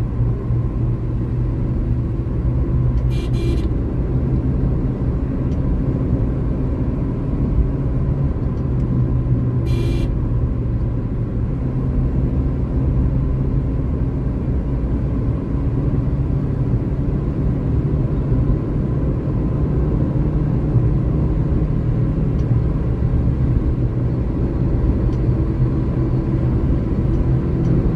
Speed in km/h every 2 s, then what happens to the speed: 97, 95, 101, 105, 96, 97, 102, 106, 110, 114, 118, 122, 125, 128.
0-6 speeds up to 105. 6-9 slows to 96. 9-28 speeds up to 128.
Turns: none.